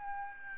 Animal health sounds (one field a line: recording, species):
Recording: mosquito wingbeat signal from an infrared sensor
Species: Aedes albopictus